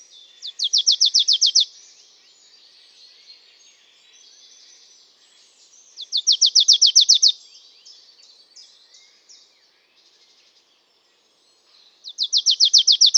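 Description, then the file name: Marsh tit giving bursts of about ten quick, high, downslurred chipping notes, each burst lasting about a second and recurring roughly every six seconds, with soft twittering between. "Poecile palustris"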